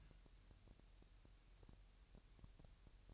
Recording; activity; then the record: daily activity, microphone in the room; take from stove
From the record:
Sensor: 2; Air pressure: 1001.8 hPa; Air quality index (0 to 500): 248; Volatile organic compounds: 36 ppm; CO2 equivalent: 3077 ppm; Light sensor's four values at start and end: 5/11/4/5 and 5/11/4/5